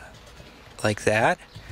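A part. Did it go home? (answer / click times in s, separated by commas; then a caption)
no / none. The manual release handle on the convertible top mechanism of a 2005 B6 Audi S4 is being turned toward its locked position, with faint low background sound before someone talks briefly around 0.8–1.4 seconds. The clip ends before the handle goes home, and nothing has seated or clicked yet.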